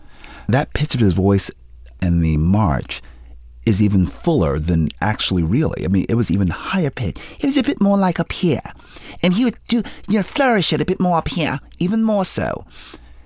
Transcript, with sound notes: That pitch of his voice in the march is even fuller than actually - really, I mean, it was even higher-pitched. (Impersonating British accent) It was a bit more like up here. And he would do - you know, flourish it a bit more up here, even more so.